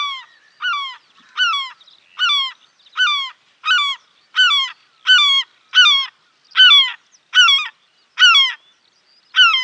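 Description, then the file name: European herring gull uttering a long run of about thirteen harsh, downward-slurred yelping notes at an even, brisk pace. "mewasrebrzysta"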